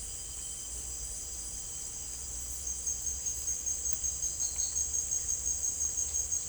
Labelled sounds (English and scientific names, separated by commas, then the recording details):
none
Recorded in dense forest near Puerto Asís, Putumayo, Colombia, on 21 December 2024 at 17:30
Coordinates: 0.484, -76.317
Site G026